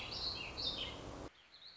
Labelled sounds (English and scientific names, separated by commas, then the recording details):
Warbling Vireo (Vireo gilvus)
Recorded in Sonoma County, California